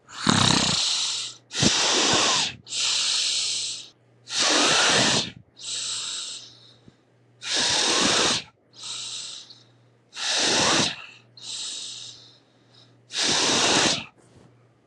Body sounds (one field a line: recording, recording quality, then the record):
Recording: deep breathing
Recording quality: excellent, no background noise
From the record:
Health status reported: exposed to COVID-19, no respiratory illness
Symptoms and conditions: cold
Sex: male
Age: 47 years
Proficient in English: yes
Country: United States